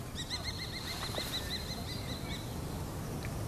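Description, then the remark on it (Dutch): A kestrel gives a rapid series of high, sharp kee-kee-kee notes, evenly spaced and fading after a couple of seconds, over a steady low rumble of background noise, as the sun is setting. “Hé, hey, daar gaat een torenvalk.”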